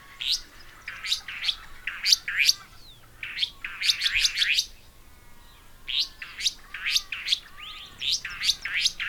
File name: Myiagra Inquieta